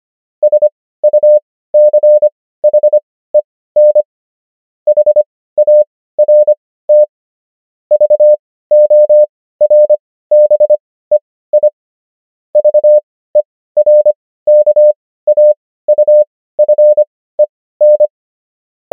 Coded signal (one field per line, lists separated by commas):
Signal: Morse code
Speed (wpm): 25 wpm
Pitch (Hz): 600 Hz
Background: none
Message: SUCHEN HART VORBEI VERKAUFEN